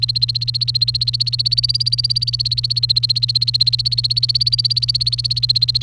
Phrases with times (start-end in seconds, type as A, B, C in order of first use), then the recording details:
0.00-5.82 A. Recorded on 28 April 2018 at 17:13. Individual llb3